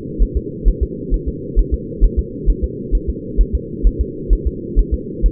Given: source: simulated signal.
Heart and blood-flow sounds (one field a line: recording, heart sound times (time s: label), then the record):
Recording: fetal heart sounds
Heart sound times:
0.23 s: S1
0.37 s: S2
0.68 s: S1
0.83 s: S2
1.14 s: S1
1.29 s: S2
1.59 s: S1
1.74 s: S2
2.04 s: S1
2.19 s: S2
2.50 s: S1
2.64 s: S2
2.95 s: S1
3.10 s: S2
3.41 s: S1
3.55 s: S2
3.87 s: S1
4.01 s: S2
4.33 s: S1
4.47 s: S2
4.79 s: S1
4.94 s: S2
5.26 s: S1
From the record:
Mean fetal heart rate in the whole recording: 130 bpm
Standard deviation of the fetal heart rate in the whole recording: 2 bpm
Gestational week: 36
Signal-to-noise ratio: -4.1 dB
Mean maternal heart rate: no maternal heart sound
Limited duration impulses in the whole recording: absent